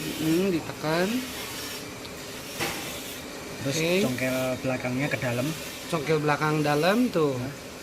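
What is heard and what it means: A metal retaining clip is being fitted into its groove on an engine part: its front end is set in place and pressed, then its rear end is pried inward. Someone talks throughout over a steady hiss. The clip has not clicked or seated yet.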